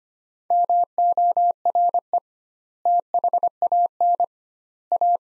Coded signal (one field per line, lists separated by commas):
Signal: Morse code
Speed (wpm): 25 wpm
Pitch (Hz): 700 Hz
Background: none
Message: MORE THAN A